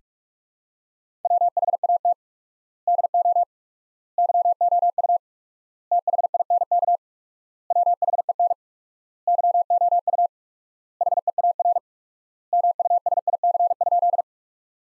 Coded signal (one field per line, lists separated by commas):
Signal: Morse code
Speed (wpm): 46 wpm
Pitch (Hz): 700 Hz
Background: none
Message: WHAT DO YOU THINK WHEN YOU HEAR MUSIC?